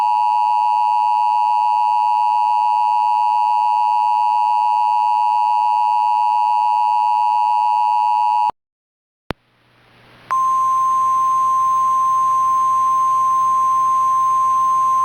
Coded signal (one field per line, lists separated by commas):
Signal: Emergency Alert System (SAME) tones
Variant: 853 and 960 Hz attention tone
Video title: EAS MOCK | Hutchison Tornado Troubles